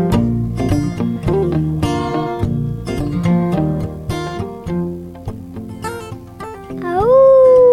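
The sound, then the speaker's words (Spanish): Busy rhythmic music with plucked and percussive notes plays, then a single long wolf howl sweeps upward and holds steady, loud and tonal, closing the passage. “Curiosidades de los lobos.”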